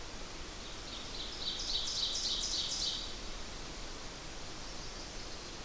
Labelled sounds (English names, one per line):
Ovenbird song